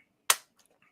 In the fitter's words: Ladies and gentlemen, the satisfying snap of a Lego finding its way home, much like the crack of the baseball bat on the field.